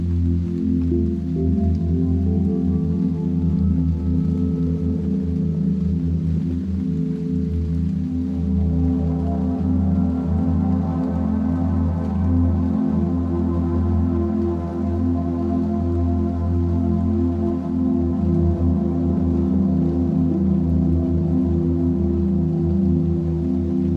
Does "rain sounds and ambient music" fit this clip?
yes